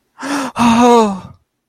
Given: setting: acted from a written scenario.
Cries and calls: vocal sound without words; negative surprise

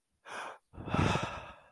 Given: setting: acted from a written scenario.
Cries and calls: vocal sound without words; serenity

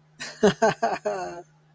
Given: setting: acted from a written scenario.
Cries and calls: vocal sound without words; amusement

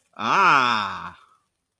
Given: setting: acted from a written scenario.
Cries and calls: vocal sound without words; adoration

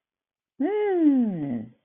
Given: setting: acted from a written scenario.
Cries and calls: vocal sound without words; pride

